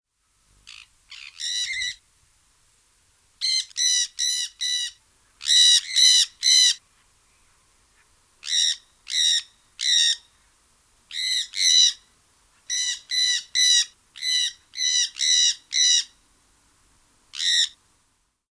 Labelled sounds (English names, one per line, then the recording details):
Jandaya Parakeet
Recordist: Tembrock, Günter
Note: Rufreihen